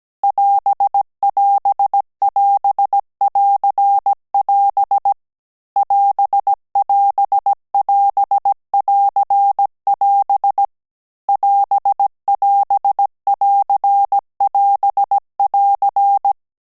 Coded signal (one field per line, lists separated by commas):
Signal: Morse code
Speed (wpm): 17 wpm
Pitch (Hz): 800 Hz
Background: none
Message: <AS><AS><AS><AR><AS> <AS><AS><AS><AR><AS> <AS><AS><AR><AS><AR>